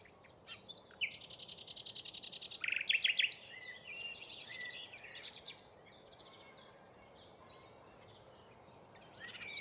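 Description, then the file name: Common nightingale song: a dry buzzing trill lasting over a second, then rapid clipped repeated notes. "Luscinia megarhynchos"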